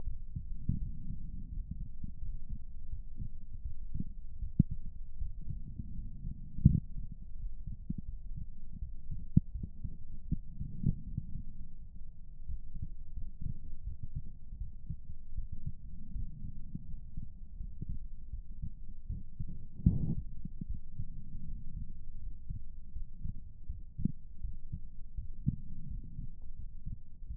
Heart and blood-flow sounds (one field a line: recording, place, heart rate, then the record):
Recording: heart sounds by stethoscope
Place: pulmonary valve (PV)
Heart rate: 87 bpm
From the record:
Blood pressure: 127/80 mmHg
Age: 28 years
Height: 170 cm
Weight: 104 kg